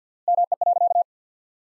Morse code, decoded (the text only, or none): ME.